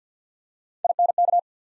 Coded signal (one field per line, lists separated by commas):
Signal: Morse code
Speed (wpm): 50 wpm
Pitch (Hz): 700 Hz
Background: none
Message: I N K